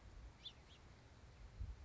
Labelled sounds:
House Finch

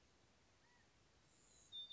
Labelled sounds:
California Quail

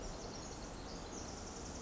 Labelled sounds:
Pacific Wren

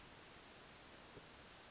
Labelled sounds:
Western Flycatcher

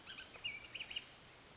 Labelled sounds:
Bullock's Oriole

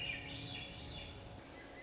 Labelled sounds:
Swainson's Thrush

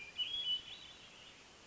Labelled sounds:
Hermit Thrush

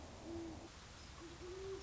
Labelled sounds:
Great Horned Owl

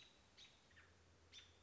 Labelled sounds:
American Robin

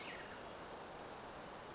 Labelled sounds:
Brown Creeper

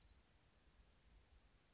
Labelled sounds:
Western Flycatcher

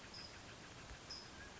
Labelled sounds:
California Towhee

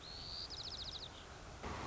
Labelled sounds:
White-crowned Sparrow

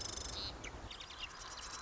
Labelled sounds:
Marsh Wren

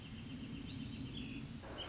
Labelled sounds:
Wrentit

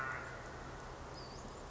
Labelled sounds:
Western Flycatcher

